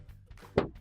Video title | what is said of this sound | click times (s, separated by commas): 8181836 - Replacing Your Kenmore Washer's 5 Button Set | push it so that it locks into place, | 0.6 s